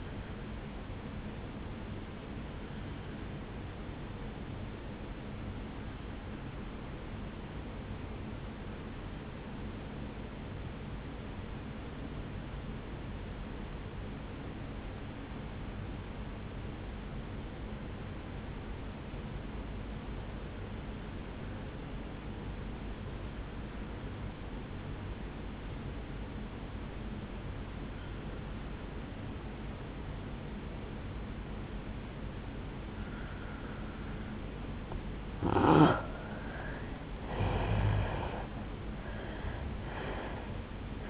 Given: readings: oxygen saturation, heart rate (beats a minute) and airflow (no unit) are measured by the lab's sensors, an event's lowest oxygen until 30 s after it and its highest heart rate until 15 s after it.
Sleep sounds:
breathing in sleep by a voice recorder at the bedside; 1
4.00-35.60 s: obstructive apnea (N2, oxygen 96% highest, then 82% lowest, heart rate 57 at the start, 77 highest)
32.00-41.10 s: new sleep stage, N1 (lightest sleep)
From the record:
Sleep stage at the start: N2 (light sleep); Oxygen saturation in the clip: 84 to 96%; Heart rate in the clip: 57 to 75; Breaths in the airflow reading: 3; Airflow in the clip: -8.6 to 6.1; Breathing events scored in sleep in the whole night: 449 in 7.0 hours asleep

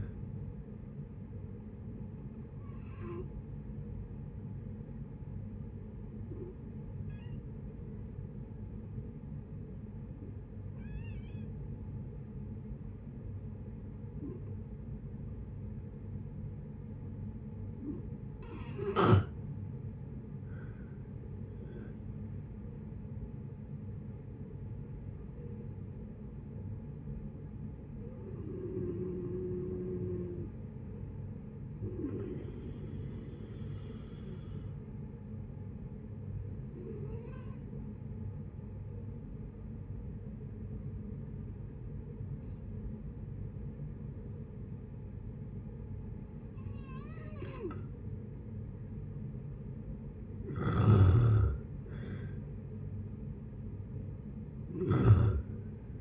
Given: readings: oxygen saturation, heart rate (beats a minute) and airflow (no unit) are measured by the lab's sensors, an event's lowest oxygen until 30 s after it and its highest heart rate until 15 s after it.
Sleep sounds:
breathing in sleep by a smartphone at the bedside; 2
3.00-19.50 s: hypopnea (N2, oxygen 95% highest, then 86% lowest, heart rate 71 at the start, 76 highest)
11.00-41.00 s: new sleep stage, N1 (lightest sleep)
34.00-50.50 s: hypopnea (N1, oxygen 96% highest, then 89% lowest, heart rate 60 at the start, 76 highest)
41.00-56.01 s: new sleep stage, N2 (light sleep)
From the record:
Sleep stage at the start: N2 (light sleep); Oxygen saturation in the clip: 86 to 96%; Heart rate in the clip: 59 to 76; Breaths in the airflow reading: 11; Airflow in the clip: -10.9 to 14.9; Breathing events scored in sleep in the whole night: 496 in 5.4 hours asleep

